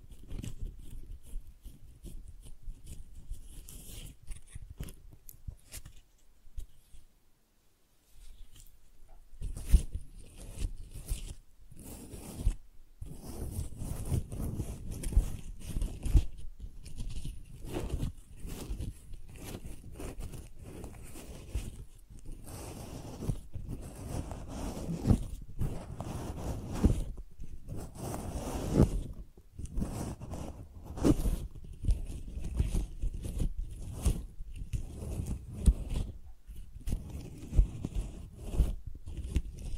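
Flowers crinkle and rustle in dense, crunchy bursts with brief pauses, quietest around six to nine seconds, then steadily busier handling.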